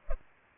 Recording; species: mosquito wingbeat signal from an infrared sensor; Culex pipiens